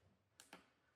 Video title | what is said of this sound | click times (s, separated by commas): Compass Star Inlay Workshop with Michelle Hallee Wong, October 5, 2025 | so you can see you can hear that popping in. Did you hear it? | 0.4 s, 0.5 s